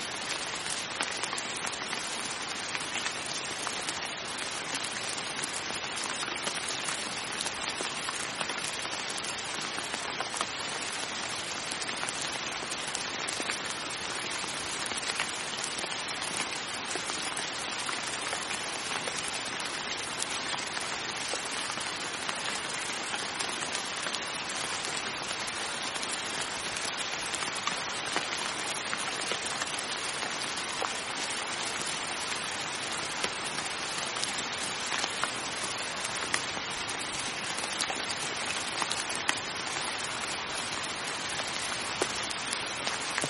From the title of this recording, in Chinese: 纯下雨声